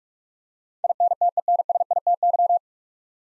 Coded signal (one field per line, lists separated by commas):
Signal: Morse code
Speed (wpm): 43 wpm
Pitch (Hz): 700 Hz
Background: none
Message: INTENSITY